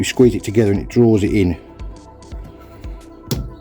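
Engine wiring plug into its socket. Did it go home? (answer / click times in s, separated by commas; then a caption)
yes / 3.3 s. On an LTI TX4 Euro6 London black cab, someone talks while a plastic engine wiring plug is started onto its socket and its grey locking part is squeezed together to draw it fully home. After a few faint handling sounds, a sharp snap at 3.3 s marks the connector seated.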